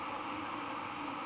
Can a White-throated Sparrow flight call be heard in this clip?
no